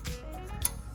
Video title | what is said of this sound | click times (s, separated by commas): 2014 Kia Forte Front Brakes (More in depth) [E66] | you snap it into place | 0.7 s